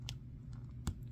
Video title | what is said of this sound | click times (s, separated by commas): Mezco 1/12 Black Panther | there we go now it's popped into place and there you go now you have him with his shield | 0.1 s, 0.9 s